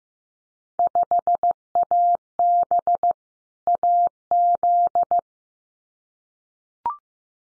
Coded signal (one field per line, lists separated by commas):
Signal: Morse code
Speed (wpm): 15 wpm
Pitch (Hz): 700 Hz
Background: none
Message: 5AB AZ